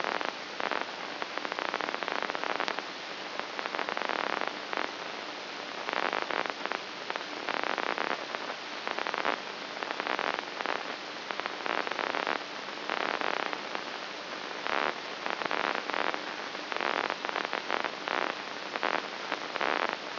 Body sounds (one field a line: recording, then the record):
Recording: brain microelectrode recording played as sound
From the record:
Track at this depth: outside the subthalamic nucleus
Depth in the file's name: 1.539 mm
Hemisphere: left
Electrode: 2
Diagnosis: Parkinson's disease